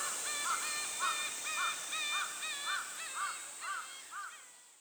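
Bird giving harsh, crow-like caws, about eight rough calls in quick succession, roughly two per second, fading slightly toward the end over a steady background hiss.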